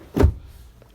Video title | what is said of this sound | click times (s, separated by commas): Ram...10 Things You Might Not Know Your Truck Does or Has!! | you pull your seat up locks | 0.2 s